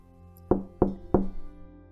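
knocking on a door

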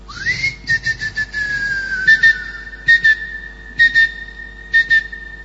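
person whistling

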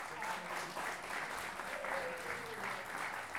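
audience applause

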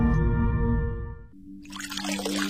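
water dripping

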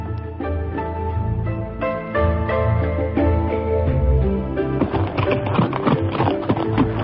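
horse hooves galloping

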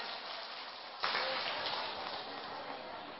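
audience applause

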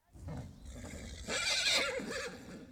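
horse neighing

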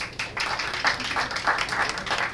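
audience applause

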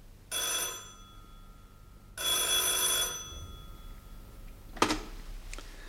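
telephone bell ringing

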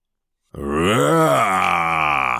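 bear roaring

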